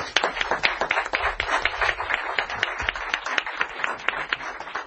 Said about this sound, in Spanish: Esperamos que disfrutéis de este programa como nosotros disfrutamos de vuestra presencia aquí. Así que este aplauso es para vosotros. Gracias.